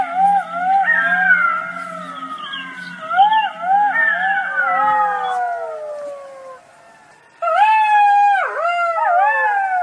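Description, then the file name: Golden jackal chorus of wavering, falling wails that fade out, a short pause, then a fresh burst of loud, quavering howls. "Stimme Goldschakal"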